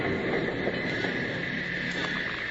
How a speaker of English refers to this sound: It was 4 days later when the train from St. Louis arrived at the Eagle's Nest station. Bill, Jingles, and Packer watched it come to a stop, but stayed out of sight.